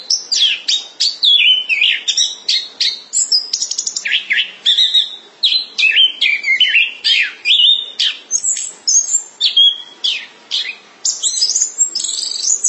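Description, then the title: Thrush song, a fast unbroken stream of varied high whistles, sharp notes and squeaky trills, phrases tumbling one into the next with hardly a pause. "burung anis x"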